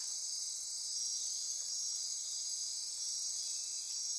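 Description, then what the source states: Insects sounding in chorus, a dense, constant, very high trilling hiss throughout. Insect chorus recorded at midnight near Corcovado.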